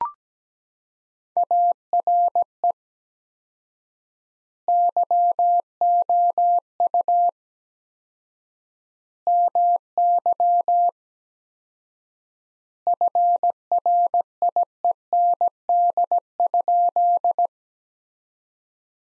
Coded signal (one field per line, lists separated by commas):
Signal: Morse code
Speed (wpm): 17 wpm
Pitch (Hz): 700 Hz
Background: none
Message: ARE YOU MY FRIEND?